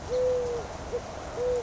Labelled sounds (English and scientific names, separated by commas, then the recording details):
Eurasian Collared Dove (Streptopelia decaocto)
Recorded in Sonoma County, California